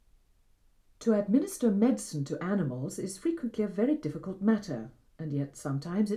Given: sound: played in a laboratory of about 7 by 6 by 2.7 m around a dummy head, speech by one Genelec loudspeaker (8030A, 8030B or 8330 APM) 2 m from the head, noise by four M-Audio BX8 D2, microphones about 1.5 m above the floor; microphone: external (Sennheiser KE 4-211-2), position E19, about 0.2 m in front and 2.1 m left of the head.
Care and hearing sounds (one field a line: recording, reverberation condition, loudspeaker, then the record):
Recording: female speech in English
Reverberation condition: low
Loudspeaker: 60 degrees to the left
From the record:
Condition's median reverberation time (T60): about 310 ms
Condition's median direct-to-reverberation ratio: about 3.5 dB